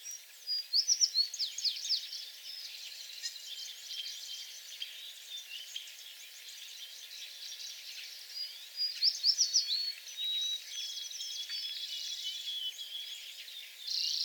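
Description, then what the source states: American tree sparrow singing two quick phrases of high, bright notes several seconds apart, over constant high twittering. Recorded on 28 April 2022; several songs.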